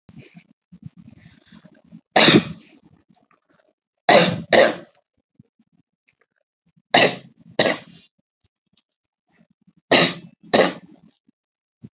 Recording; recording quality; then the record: heavy voluntary cough; excellent, no background noise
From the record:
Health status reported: healthy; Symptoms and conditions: none ticked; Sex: female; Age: 53 years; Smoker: not ticked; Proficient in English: yes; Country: India